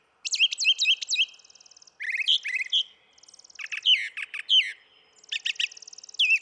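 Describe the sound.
Brown thrasher song: a quick run of varied, slurred and chirping phrases, several notes given in pairs, with short buzzy rattles between them.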